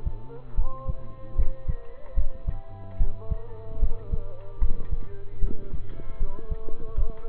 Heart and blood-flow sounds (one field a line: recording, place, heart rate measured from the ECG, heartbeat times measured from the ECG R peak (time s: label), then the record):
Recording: heart sounds by stethoscope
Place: between the tricuspid and mitral areas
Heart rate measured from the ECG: 75 bpm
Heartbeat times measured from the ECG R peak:
0.55 s: heartbeat
1.36 s: heartbeat
2.14 s: heartbeat
2.97 s: heartbeat
3.79 s: heartbeat
4.59 s: heartbeat
5.40 s: heartbeat
6.18 s: heartbeat
6.95 s: heartbeat
From the record:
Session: rest, lying down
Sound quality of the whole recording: partially saturated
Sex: male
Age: 27 years